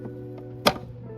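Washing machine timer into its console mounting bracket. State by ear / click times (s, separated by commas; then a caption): seated / 0.7 s. A washing machine timer is pushed into its console mounting bracket and slid backwards until its plastic retaining tab catches. A single sharp click is heard at 0.7 s over a steady low background hum, with a faint tick near the end. The timer snaps into place and is seated.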